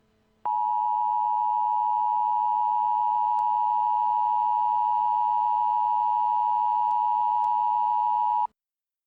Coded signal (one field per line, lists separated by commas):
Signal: Emergency Alert System (SAME) tones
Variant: 853 and 960 Hz attention tone